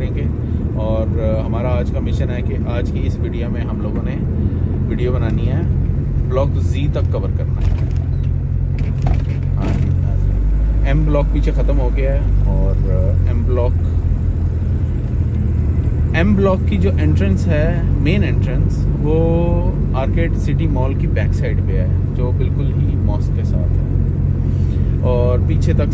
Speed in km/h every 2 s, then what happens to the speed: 25, 25, 20, 8, 5, 7, 11, 16, 20, 21, 20, 20, 20.
3-8 brakes to 5. 8-17 speeds up to 21. 17-26 steady at about 20.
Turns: none.